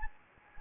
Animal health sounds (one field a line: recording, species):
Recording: mosquito wingbeat signal from an infrared sensor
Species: Anopheles gambiae